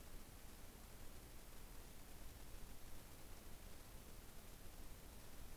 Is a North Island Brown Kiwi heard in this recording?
no